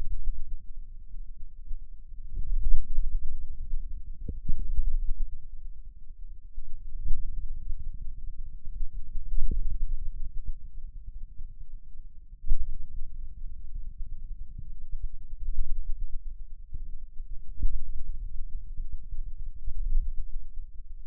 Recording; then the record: forearm muscle sounds (acoustic myography)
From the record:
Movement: hand closing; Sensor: system 2, bracelet of six BSWA MPA416 microphones around the upper forearm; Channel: 1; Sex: male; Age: 22 years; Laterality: right